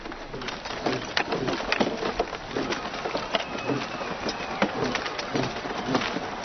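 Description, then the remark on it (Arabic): A crowd of the people of Thebes claps steadily, many hands making a dense, crackling patter of sharp slaps, with singing voices faintly mixed in beneath the applause, and no one speaking. “إنها أصوات تصفيق وغناء أهل طيبة يا مولاي.”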